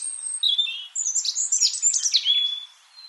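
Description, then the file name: European robin singing a varied phrase of thin high whistles and rapid twittering trills, with a sustained high note at the start and a quieter whistle at the end. "Erithacus rubecula"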